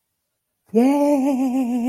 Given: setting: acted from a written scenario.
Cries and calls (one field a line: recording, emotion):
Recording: vocal sound without words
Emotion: triumph